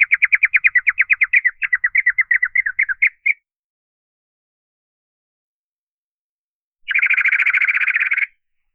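Bird chirping in a fast repeated series for three seconds, then after a pause a dense, rapid trill lasting over a second.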